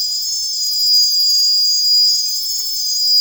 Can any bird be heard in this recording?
no